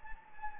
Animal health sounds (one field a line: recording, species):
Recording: mosquito wingbeat signal from an infrared sensor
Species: Anopheles gambiae